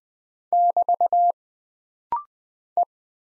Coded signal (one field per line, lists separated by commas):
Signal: Morse code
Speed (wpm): 20 wpm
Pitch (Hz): 700 Hz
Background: none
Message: <BT> E